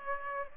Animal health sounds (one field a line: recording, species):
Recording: mosquito wingbeat signal from an infrared sensor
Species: Aedes aegypti